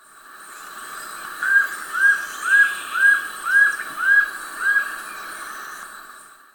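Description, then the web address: White-streaked antvireo giving seven clear whistled notes, each slightly arched, repeated at a steady pace of roughly two per second over a soft hiss. Recorded in Ecuador. "Birds of Ecuador 29 White-streaked Antvireo"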